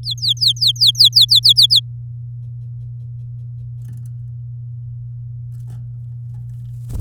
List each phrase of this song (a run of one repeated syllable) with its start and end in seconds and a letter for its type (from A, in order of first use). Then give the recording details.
0.03-1.80 A. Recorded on 9 May 2018 at 09:47. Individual llb16